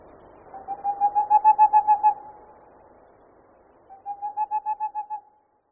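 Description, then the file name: Boreal owl song: two quick runs of soft, even hoots, each lasting over a second, with a quiet pause between. "Sýc-rousný"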